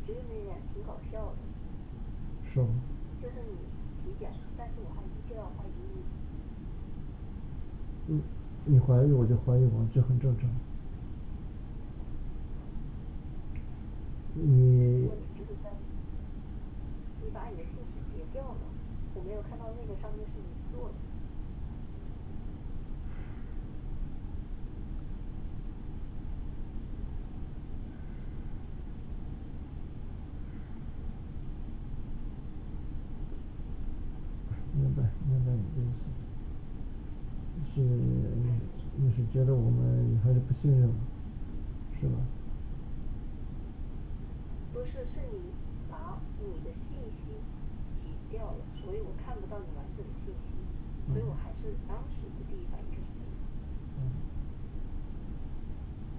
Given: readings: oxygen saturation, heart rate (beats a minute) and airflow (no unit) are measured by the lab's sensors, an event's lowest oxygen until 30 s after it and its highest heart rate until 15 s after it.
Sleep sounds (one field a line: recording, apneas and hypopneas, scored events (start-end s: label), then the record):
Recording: a person awake in a sleep study, by a smartphone at the bedside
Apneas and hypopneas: none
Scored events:
0.00-56.19 s: awake
From the record:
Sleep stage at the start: awake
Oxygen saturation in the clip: 95 to 96%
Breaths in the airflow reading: 19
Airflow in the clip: -6.1 to 5.5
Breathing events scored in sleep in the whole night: 216 in 7.0 hours asleep